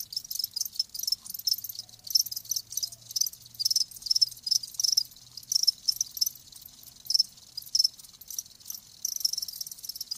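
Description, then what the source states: Steady high cricket trilling with rapid pulses, accompanied by a low faint hum in the middle section. Live crickets chirping.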